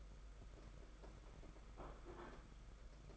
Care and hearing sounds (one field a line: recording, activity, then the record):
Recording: daily activity, microphone in the room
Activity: place plate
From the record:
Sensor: 5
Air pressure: 991.9 hPa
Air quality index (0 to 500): 163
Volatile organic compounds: 353 ppm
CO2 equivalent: 4589 ppm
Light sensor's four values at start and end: 31/106/39/42 and 31/106/39/42